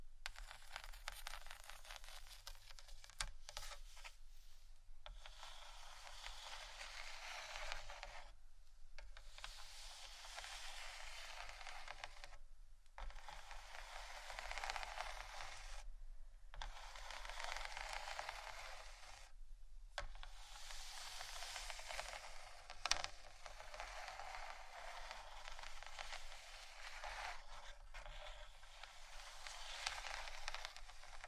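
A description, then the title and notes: Scratching in dense, hissy bursts of a few seconds each, broken by brief silent gaps around 5, 8, 12, 16 and 19 seconds, over a low hum. ASMR scratching For Sleep & Study（No Talking）.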